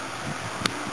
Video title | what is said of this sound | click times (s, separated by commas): BB Senshi Sangokuden Liu Bei Gundam Build Part 1/3 | nice. It makes a clicking sound. | 0.7 s